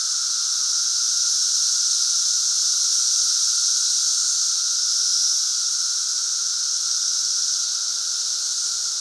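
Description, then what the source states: Chorus of periodical cicadas: a constant, high-pitched hiss and underlying hum rising and falling only slightly in volume across the stretch. Central Illinois; 2024 cicada super bloom.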